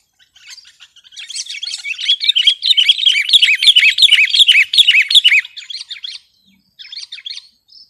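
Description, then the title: Sooty-headed bulbul song, a dense run of quick chirping, slurred notes building for about four seconds, then softer fragments and a brief final burst. "kutilang"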